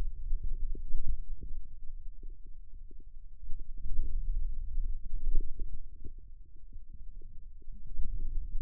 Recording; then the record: forearm muscle sounds (acoustic myography)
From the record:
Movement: finger pinch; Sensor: system 2, bracelet of six BSWA MPA416 microphones around the upper forearm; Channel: 5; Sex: male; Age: 22 years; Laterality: right